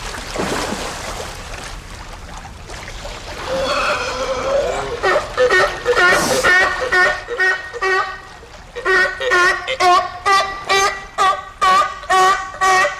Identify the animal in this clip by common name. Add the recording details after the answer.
California Sea Lion. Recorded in captivity. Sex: diverse. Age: diverse. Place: Zoo Osnabrück, Niedersachsen, DE. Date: 1991-09-09. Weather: overcast, 13°C. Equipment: Marantz CP 430, Kopie Tesla B 116. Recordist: Tembrock, Günter. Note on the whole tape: Rufreihe des Weibchens (hat Junge) und jüngeres Weibchen (im Wasser), Jungenlaute an Mutter-Weibchen (Jungtiere vom 13. und 16.6.91), zudem Laute von subadultem Weibchen